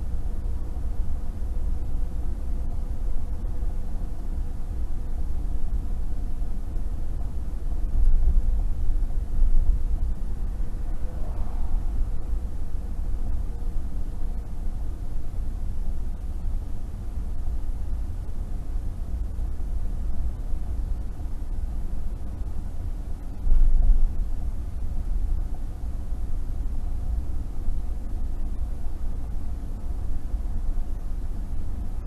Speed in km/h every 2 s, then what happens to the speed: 45, 45, 44, 44, 44, 44, 42, 42, 42, 42, 42, 40, 40, 42, 42, 40.
0-32 steady at about 42.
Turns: none.